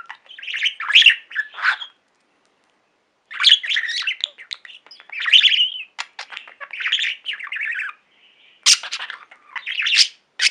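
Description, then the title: Budgerigar warbles in bright chirpy bursts and clicking notes, with a silent gap after the first two seconds, then more chatter and a sharp click near nine seconds. "Budgie Sounds"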